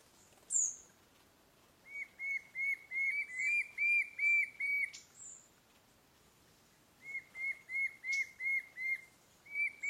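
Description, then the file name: White-shouldered fire-eye singing two long series of steady, evenly spaced whistled notes, about three per second, separated by a pause, with brief high chirps from another bird. "Canto do papa taoca do sul"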